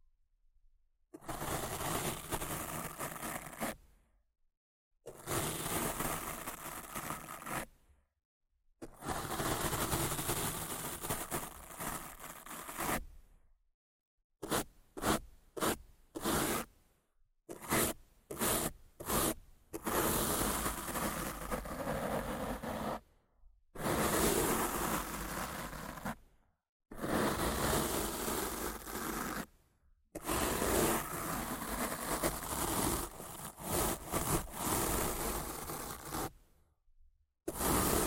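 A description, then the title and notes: Rough scratching and brushing against a microphone comes in long, dense bursts of gritty noise, each a few seconds long and separated by short silences. Around 14 to 20 seconds the strokes turn quick and choppy, then the longer scraping passes resume. ASMR Rough Mic Scratching & Brushing (No Talking).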